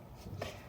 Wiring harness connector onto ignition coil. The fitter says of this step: Do you hear the click? Give a little wiggle.